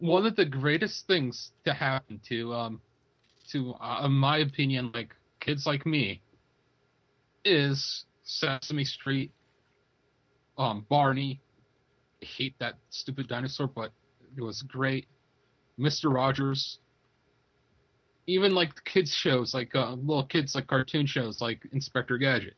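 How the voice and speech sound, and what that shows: A man speaks fluently in a casual, unaccented way, with ordinary pauses and fillers; speech is normal.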